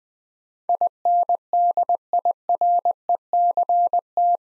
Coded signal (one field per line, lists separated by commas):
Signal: Morse code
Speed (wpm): 20 wpm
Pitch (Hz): 700 Hz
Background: none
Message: INDIRECT